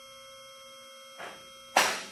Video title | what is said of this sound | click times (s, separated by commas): Advantage Lifts Lift Installation Video | At this point, we have not adjusted them, so they're not clicking all at the same time. | 1.8 s